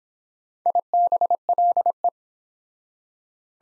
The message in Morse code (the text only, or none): IBLE